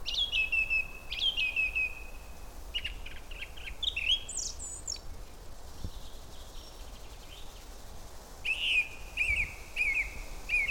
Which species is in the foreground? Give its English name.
Song Thrush